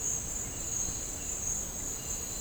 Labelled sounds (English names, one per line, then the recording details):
none
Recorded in dense forest near Puerto Asís, Putumayo, Colombia, on 13 March 2025 at 12:00
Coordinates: 0.467, -76.328
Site G041